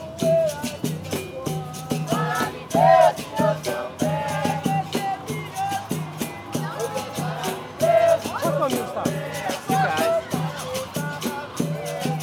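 A capoeira session in a town square: quick, steady percussive strikes keep a driving rhythm throughout, with a twangy, wavering tone and low drum thumps underneath. Voices sing and call over the beat, and a crowd murmurs.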